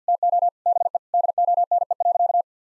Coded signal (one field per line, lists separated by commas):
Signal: Morse code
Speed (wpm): 50 wpm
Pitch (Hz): 700 Hz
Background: none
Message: TO BE DONE.